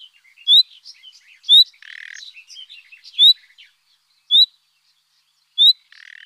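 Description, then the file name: Common nightingale song with sharp upslurred whistles repeated at uneven intervals, mixed with soft chattering notes and brief buzzy, rasping bursts. "Rossignol"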